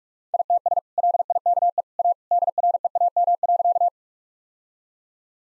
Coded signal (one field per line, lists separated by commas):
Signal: Morse code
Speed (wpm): 46 wpm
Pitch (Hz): 700 Hz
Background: none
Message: ITS LIKE A DREAM.